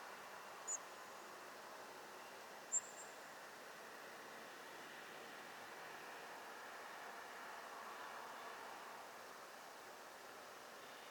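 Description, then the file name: European robin calls: two brief, high-pitched thin notes two seconds apart near the start, then only constant hissing background noise. "Erithacus rubecula"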